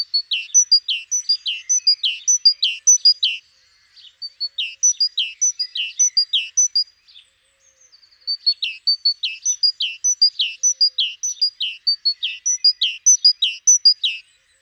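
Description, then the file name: Great tit song delivered in three long bouts of fast, even two-note phrases, high note then lower note, with short silent gaps between bouts. "Parus major"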